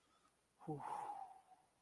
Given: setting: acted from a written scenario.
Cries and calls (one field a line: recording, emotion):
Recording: vocal sound without words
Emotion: serenity